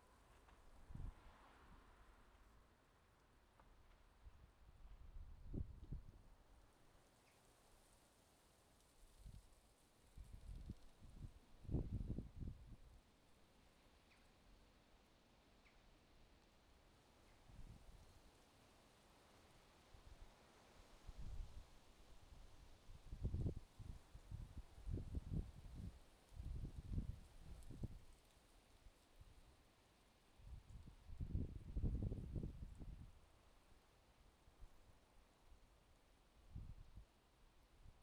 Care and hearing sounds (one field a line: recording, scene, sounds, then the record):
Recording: everyday scene through a hearing-aid microphone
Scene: wind on the microphone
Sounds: wind, traffic, birds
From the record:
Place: suburban garden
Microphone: in the ear canal, left